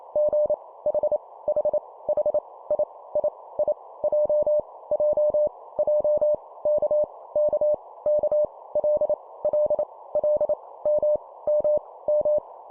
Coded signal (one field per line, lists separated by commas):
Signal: Morse code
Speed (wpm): 28 wpm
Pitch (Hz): 600 Hz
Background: none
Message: G H H H I I I J J J K K K L L L M M M